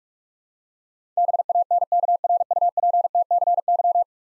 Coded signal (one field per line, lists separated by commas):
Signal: Morse code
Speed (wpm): 46 wpm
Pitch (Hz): 700 Hz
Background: none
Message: BANKRUPTCY